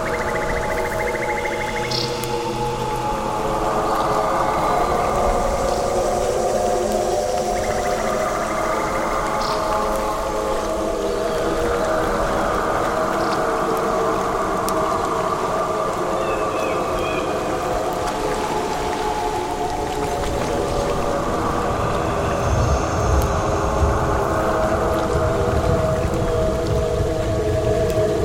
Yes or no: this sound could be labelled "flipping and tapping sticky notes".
no